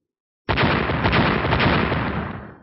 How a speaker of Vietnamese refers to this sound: Liên tục 3 tiếng nổ, dung nham tím đen bạo tạc 3 lần. Lực hủy diệt từ trường thương điên cuồng xâm nhập vào nó, khiến dung nham tím đen cuốn lên văng tung tóe.